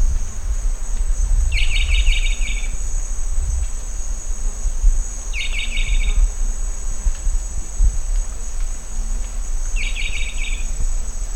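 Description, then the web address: Rondonia bushbird calling three times, each a brief dry buzzy rattle, spaced about four seconds apart, with steady insect droning throughout. "sound Rondônia-bushbird"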